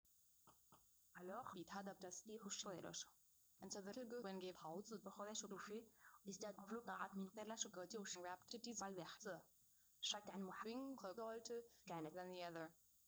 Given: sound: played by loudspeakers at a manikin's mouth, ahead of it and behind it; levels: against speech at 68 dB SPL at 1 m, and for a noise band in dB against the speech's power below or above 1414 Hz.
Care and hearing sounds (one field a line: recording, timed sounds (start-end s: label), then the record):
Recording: test signals for a remote microphone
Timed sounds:
0.50 s: click
0.75 s: click
1.12-13.07 s: speech test signal (ISTS)
From the record:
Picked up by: remote receiver E, fed by microphone B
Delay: 43 ms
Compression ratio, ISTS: 2.13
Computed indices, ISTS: SII 0.995, HASPI 0.992, HASQI 0.396 (non-linear 0.450, linear 0.880), ESTOI 0.808